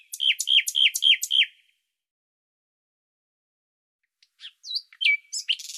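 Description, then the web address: Bird song: five quick, identical downslurred notes, a pause of nearly three seconds, then a mix of varied whistles and a buzzy note. "Deverinetal 2025"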